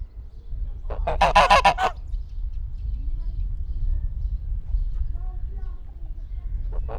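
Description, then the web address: Domestic goose honking in a brief rapid cluster near the start, followed by steady low wind rumble and a few faint calls. Domestic goose hissing, recorded in a zoo farmyard in Nyíregyháza in 2010, with wind. "nyiregyhazizoo. liba"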